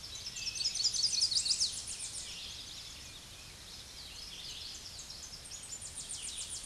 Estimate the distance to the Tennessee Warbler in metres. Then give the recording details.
about 35 m. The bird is about 5 m above the microphone. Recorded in a Pennsylvania forest on 16 May 2024 at 07:08. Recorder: AudioMoth, point MSD-2429. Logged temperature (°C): 16.7 °C. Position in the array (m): 72 m, 62 m